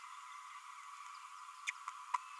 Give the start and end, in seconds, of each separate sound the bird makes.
1.67-1.71